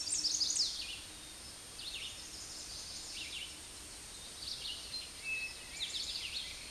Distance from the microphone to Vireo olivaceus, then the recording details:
about 30 m. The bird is about 10 m above the microphone. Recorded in a Pennsylvania forest on 16 May 2024 at 06:59. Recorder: AudioMoth, point MSD-0398. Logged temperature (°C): 16.4 °C. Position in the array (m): 159 m, 66 m